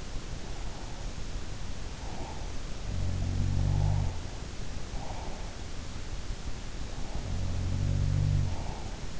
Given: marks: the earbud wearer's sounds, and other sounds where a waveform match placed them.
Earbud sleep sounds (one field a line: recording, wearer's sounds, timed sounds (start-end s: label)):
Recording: sounds in sleep by an in-ear microphone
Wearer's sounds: breath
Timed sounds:
0.46-2.68 s: breath
2.68-4.46 s: sound from someone else or the room
3.61-5.65 s: breath
6.87-9.20 s: breath
7.09-8.69 s: sound from someone else or the room